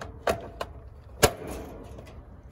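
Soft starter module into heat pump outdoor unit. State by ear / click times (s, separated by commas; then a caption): seated / 1.2 s. A soft start module is pressed home into a heat pump outdoor unit, fitted onto the existing mounting holes so nothing needs to be drilled. Two lighter knocks at about 0.3 s and 0.6 s come first, then a sharp, loud click at 1.2 s as the module seats in place.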